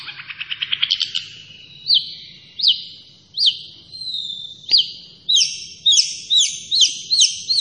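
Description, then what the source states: Long-tailed shrike song opening with quick rising chips, then repeated sharp hooked whistles that speed up into doubled notes. Named by the Indonesian local name cendet; described as gacor, meaning the bird is singing actively.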